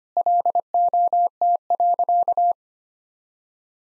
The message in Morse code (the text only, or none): LOT.